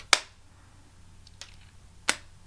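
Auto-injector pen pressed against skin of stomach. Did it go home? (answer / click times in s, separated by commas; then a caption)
yes / 0.1 s, 2.1 s. A disposable auto-injector pen is pressed against the skin of the stomach and fires with a sharp click at 0.1 s. After a faint tick near 1.4 s, a second sharp click at 2.1 s marks the injection completing and the needle retracting, and the dose is done.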